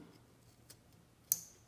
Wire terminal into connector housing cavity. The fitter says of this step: hear it click in place now once you're done with that you can then seat the